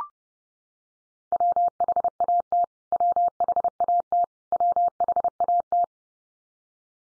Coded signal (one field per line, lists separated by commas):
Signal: Morse code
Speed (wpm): 30 wpm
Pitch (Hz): 700 Hz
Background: none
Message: WHAT WHAT WHAT